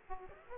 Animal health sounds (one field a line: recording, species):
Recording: mosquito wingbeat signal from an infrared sensor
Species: Aedes aegypti